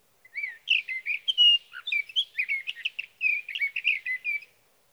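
Sage thrasher song, a sustained run of fast warbled phrases mixing whistled slurs and clipped notes.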